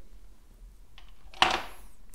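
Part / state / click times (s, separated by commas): nose pad on a sunglasses frame / released / 1.4 s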